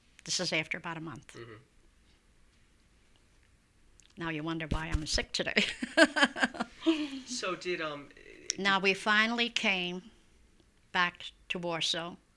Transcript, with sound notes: This was after about a month. Now you wonder why I'm sick today. (she laughs)
So did, um...
Now we finally came back to Warsaw.